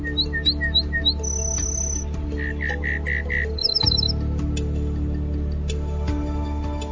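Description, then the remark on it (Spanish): A passerine songbird sings a complex, varied song: quick rising chirps, a long high whistle, a run of five lower notes and a fast trill, then scattered calls over a steady low background hum. “las especies de aves que existen hoy en el mundo son paseriformes o pájaros cantores.”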